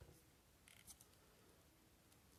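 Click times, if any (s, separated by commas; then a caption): none. A plastic weapon accessory is handled against the peg holes on a combiner action figure, giving a few faint, short plastic ticks and light scrapes around 0.7 to 1.0 seconds over a quiet background. Nothing has seated or clicked in yet.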